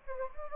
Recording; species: mosquito wingbeat signal from an infrared sensor; Anopheles gambiae